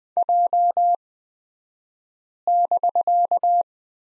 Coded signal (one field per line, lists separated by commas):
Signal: Morse code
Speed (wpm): 20 wpm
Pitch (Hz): 700 Hz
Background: none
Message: J<BK>